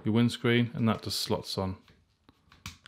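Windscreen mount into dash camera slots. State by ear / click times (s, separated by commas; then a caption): seated / 2.7 s. Someone talks, then a windscreen mount for a BlueSkySea B1W dash cam is slid into the two slots on top of the plastic dash camera body. A few faint ticks lead to a sharp little click at 2.7 s as the mount snaps into place and seats.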